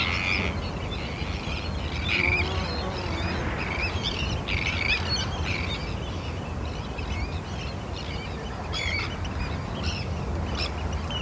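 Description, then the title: Terns giving repeated grating cries in quick irregular succession, with rain hissing steadily below. Terns calling at RSPB Hodbarrow nature reserve, Cumbria, in autumn rain, recorded from inside a wooden bird hide by Martin Maudsley. "Sound Escape 32: listening to cries of terns from a bird hide at Hodbarrow, Cumbria"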